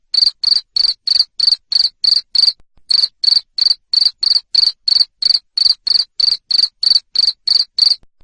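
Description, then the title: Cricket sounding loud, high chirps in quick even succession, with one short gap early on. Loud cricket chirping used to make lovebirds keep singing (ngekek). "Suara JANGKRIK NGERIK Keras Bikin LOVEBIRD Jadi NGEKEK Terus"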